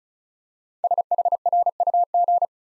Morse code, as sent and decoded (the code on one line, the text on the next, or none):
... .... .-. ..- --.
SHRUG